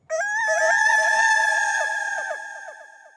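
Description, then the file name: Chicken giving a loud, drawn-out harmonic call that holds a steady pitch, then breaks into short stepped notes as it fades over about three seconds. "Flying Chicken"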